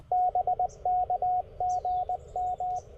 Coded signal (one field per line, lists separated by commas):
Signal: Morse code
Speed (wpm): 20 wpm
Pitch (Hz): 730 Hz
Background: radio noise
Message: BK GM